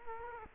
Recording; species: mosquito wingbeat signal from an infrared sensor; Culex quinquefasciatus